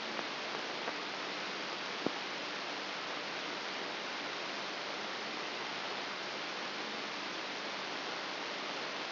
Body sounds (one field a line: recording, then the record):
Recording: brain microelectrode recording played as sound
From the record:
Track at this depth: inside the subthalamic nucleus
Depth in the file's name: 3.102 mm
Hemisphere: left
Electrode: 3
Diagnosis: Parkinson's disease